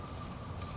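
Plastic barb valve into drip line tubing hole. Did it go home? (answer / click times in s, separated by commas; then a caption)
no / none. A plastic barbed valve, one that can be turned to shut off a single drip line, is being handled toward a punched hole in drip irrigation tubing for raised beds watered from a garden hose. Only a steady, faint low hum with soft handling patter is heard, with no sharp hit. Nothing has seated or clicked yet.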